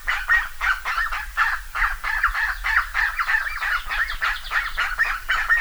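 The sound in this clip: Bird calls, loud nasal honks tumbling over one another in a continuous flock chorus, with a steady low hum in the background.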